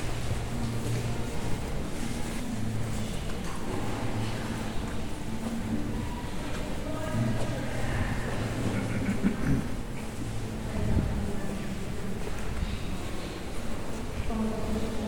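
A sound walk in Cadaquès: a steady low hum with faint voices, soft scattered clatter, and a brief louder knock near eleven seconds.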